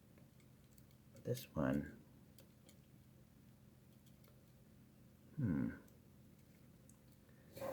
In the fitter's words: hmm there's no clicking